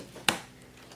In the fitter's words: Press down until you hear the click, then